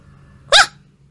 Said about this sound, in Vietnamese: Mãi cho đến khi một tiếng chó sủa gầm gào vọng ra từ trong lối đi nhỏ nào đó.